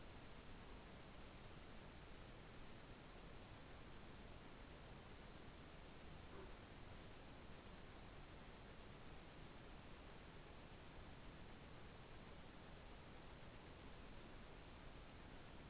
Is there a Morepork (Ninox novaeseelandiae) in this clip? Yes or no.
no